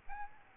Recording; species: mosquito wingbeat signal from an infrared sensor; Aedes albopictus